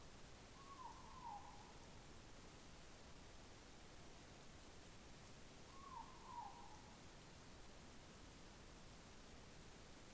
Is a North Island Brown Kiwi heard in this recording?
no